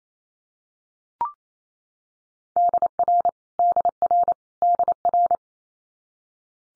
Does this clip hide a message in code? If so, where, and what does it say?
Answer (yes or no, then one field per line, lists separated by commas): yes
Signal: Morse code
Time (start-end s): 2.6-5.4 s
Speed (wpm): 28 wpm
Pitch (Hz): 700 Hz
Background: none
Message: DR DR DR